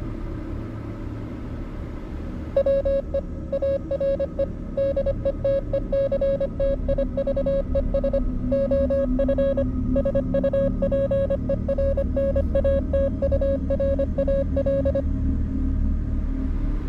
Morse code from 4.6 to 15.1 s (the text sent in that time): DETECTIVES OF SUPERNATURAL